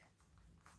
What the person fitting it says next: i don't hear a click